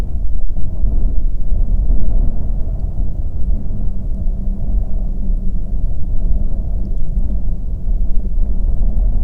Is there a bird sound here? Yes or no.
no